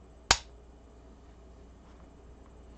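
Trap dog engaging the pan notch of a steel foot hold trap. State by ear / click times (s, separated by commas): seated / 0.3 s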